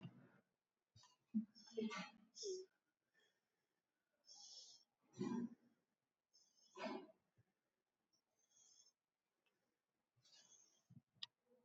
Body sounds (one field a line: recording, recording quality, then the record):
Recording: shallow breathing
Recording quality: poor, much background noise or distortion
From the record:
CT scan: not taken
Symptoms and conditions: sore throat, muscle pain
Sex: female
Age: 21 years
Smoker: no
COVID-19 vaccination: both doses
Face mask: not worn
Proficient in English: yes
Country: India